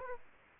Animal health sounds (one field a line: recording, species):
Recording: mosquito wingbeat signal from an infrared sensor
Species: Aedes aegypti